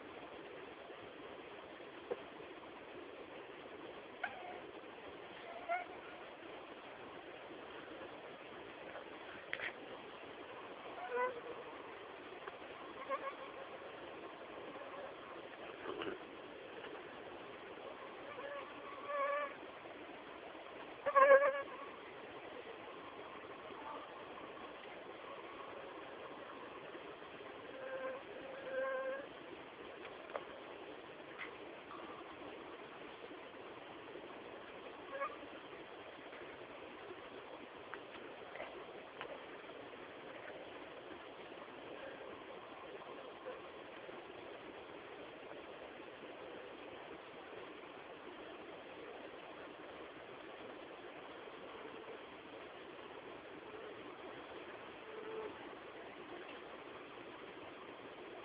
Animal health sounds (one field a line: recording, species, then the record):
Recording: mosquito flight sound by mobile phone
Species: Anopheles dirus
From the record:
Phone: Samsung T209